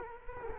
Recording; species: mosquito wingbeat signal from an infrared sensor; Culex quinquefasciatus